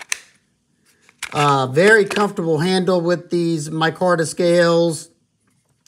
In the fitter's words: push off point right there good positive click uh